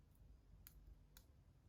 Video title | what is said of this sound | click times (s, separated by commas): BFS Tuning Abu Garcia Zenon MG-LTX / Revo MGXtreme 2, Magnetic - Centrifugal brake conversion | it just clicks into place | 0.7 s